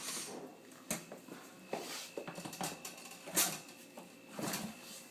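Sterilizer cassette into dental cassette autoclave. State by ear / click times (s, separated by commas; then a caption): seated / 0.9 s. A closed sterilizer cassette is pushed into a Statim dental cassette autoclave, gently rather than slammed so the probe in the back isn't bent. It clicks into place at 0.9 s, showing it is engaged and seated. Softer handling knocks follow around 1.7 s and 2.9 s.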